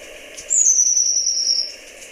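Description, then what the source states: Long-tailed tit call, probably the alarm call: one very high, thin whistle drawn out for over a second, falling slightly in pitch. Played back; described as probably the alarm call.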